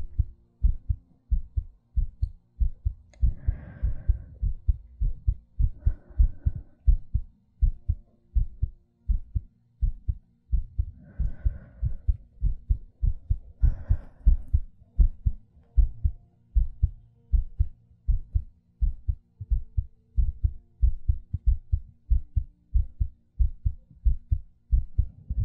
ASMR Heartbeat Breathing.